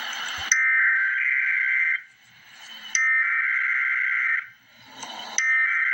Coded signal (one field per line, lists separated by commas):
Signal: Emergency Alert System (SAME) tones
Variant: header bursts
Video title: Emergency Alert System - Special Weather Statement - Jun 26, 2025 at 2:19 PM EDT